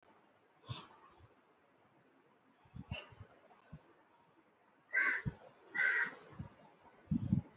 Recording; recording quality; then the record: shallow breathing; moderate, slight background noise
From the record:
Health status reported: healthy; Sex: male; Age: 57 years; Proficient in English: yes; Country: India